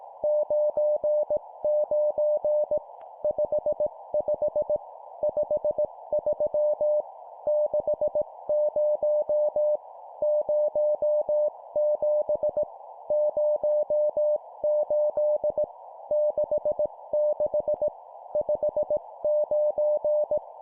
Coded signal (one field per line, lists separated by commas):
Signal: Morse code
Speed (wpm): 18 wpm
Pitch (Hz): 600 Hz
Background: none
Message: 99 55 53 60 07 08 66 59